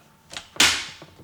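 A frozen pint bowl in its outer bowl is twisted round and lifted up into a Ninja Creami ice cream maker until it locks. A softer knock at 0.4 s is followed by a loud, sharp snap at 0.6 s that rings out and fades over the rest of the clip. The bowl is seated completely in place.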